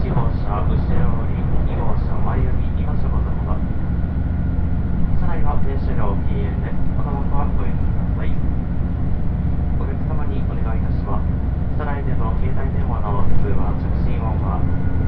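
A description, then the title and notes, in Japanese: Inside a diesel express train, a steady low engine rumble runs throughout while passengers talk in bursts of conversation. 予讃線特急宇和海5号 松山→伊予大洲。伊予市から西は非電化区間なのでディーゼル特急となります。TSE2000系の特急宇和海5号は2両編成。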